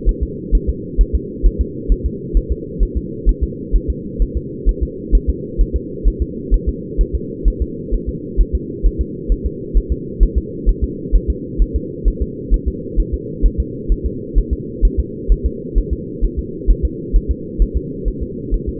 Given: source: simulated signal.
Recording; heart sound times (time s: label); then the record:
fetal heart sounds
0.09 s: S1
0.23 s: S2
0.55 s: S1
0.69 s: S2
1.01 s: S1
1.15 s: S2
1.46 s: S1
1.61 s: S2
1.92 s: S1
2.06 s: S2
2.37 s: S1
2.52 s: S2
2.83 s: S1
2.97 s: S2
3.29 s: S1
3.44 s: S2
3.75 s: S1
3.90 s: S2
4.22 s: S1
4.37 s: S2
4.69 s: S1
4.83 s: S2
5.15 s: S1
5.30 s: S2
5.61 s: S1
5.76 s: S2
6.08 s: S1
6.22 s: S2
6.54 s: S1
6.69 s: S2
7.01 s: S1
7.15 s: S2
7.48 s: S1
7.62 s: S2
7.94 s: S1
8.09 s: S2
8.41 s: S1
8.55 s: S2
8.86 s: S1
9.01 s: S2
9.32 s: S1
9.46 s: S2
9.77 s: S1
9.92 s: S2
10.23 s: S1
10.38 s: S2
10.69 s: S1
10.84 s: S2
11.15 s: S1
11.30 s: S2
11.62 s: S1
11.76 s: S2
12.08 s: S1
12.22 s: S2
12.54 s: S1
12.68 s: S2
13.00 s: S1
13.14 s: S2
13.46 s: S1
13.60 s: S2
13.92 s: S1
14.06 s: S2
14.38 s: S1
14.53 s: S2
14.85 s: S1
15.00 s: S2
15.32 s: S1
15.46 s: S2
15.78 s: S1
15.93 s: S2
16.24 s: S1
16.39 s: S2
16.70 s: S1
16.85 s: S2
17.16 s: S1
17.31 s: S2
17.62 s: S1
17.77 s: S2
18.08 s: S1
18.23 s: S2
18.54 s: S1
18.69 s: S2
From the record:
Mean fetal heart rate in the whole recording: 130 bpm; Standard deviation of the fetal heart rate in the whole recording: 2 bpm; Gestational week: 36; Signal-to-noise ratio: -4.1 dB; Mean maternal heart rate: no maternal heart sound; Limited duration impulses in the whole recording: absent